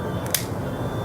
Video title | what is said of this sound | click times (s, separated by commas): May/June 2014 Favorites - lovevasmakeup | right in i do it this way it snaps right in | 0.4 s